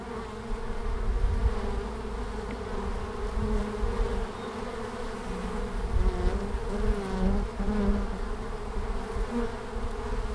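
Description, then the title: Honey bees buzzing in a constant hum, several passing bees adding gliding, wavering tones, over heavy low-frequency rumble throughout. Langel, Köln, Germany, March, 20 °C in sunny hours; many bees flying out, finding much pollen; recorder directly below the hive entrance; some bees briefly caught in the windshield fur. "Langel, Köln, Deutschland - Bienen im März. Bees in march"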